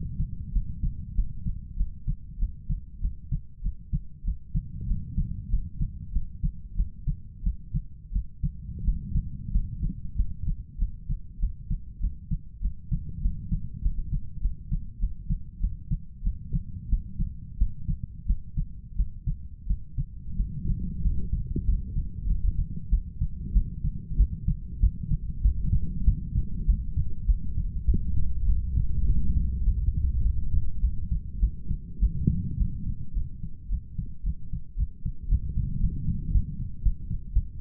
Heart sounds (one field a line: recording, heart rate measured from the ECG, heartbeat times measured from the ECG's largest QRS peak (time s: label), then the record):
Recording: heart sounds by stethoscope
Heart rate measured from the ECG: 98 bpm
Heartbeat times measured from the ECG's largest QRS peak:
0.52 s: heartbeat
1.15 s: heartbeat
1.77 s: heartbeat
2.39 s: heartbeat
3.01 s: heartbeat
3.62 s: heartbeat
4.24 s: heartbeat
4.87 s: heartbeat
5.50 s: heartbeat
6.12 s: heartbeat
6.76 s: heartbeat
7.43 s: heartbeat
8.12 s: heartbeat
8.84 s: heartbeat
9.51 s: heartbeat
10.16 s: heartbeat
10.78 s: heartbeat
11.39 s: heartbeat
12.00 s: heartbeat
12.61 s: heartbeat
13.21 s: heartbeat
13.82 s: heartbeat
14.41 s: heartbeat
14.99 s: heartbeat
15.60 s: heartbeat
16.23 s: heartbeat
16.89 s: heartbeat
17.57 s: heartbeat
18.26 s: heartbeat
18.96 s: heartbeat
19.67 s: heartbeat
20.36 s: heartbeat
21.02 s: heartbeat
21.65 s: heartbeat
22.27 s: heartbeat
22.90 s: heartbeat
23.53 s: heartbeat
24.17 s: heartbeat
24.80 s: heartbeat
25.42 s: heartbeat
26.04 s: heartbeat
26.66 s: heartbeat
27.26 s: heartbeat
27.85 s: heartbeat
28.46 s: heartbeat
29.06 s: heartbeat
29.64 s: heartbeat
30.23 s: heartbeat
30.81 s: heartbeat
31.40 s: heartbeat
32.00 s: heartbeat
32.58 s: heartbeat
33.14 s: heartbeat
33.70 s: heartbeat
34.24 s: heartbeat
34.77 s: heartbeat
35.29 s: heartbeat
35.80 s: heartbeat
36.32 s: heartbeat
36.83 s: heartbeat
37.33 s: heartbeat
From the record:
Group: healthy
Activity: cold pressor test 0-20 s, rest 20-38 s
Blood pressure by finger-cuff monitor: 132/80 mmHg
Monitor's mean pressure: 93 mmHg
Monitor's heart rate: 98 bpm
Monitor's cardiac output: 8 L/min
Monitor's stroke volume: 84 mL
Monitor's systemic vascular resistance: 860 dyn s/cm5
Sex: male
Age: 23 years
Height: 179 cm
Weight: 87 kg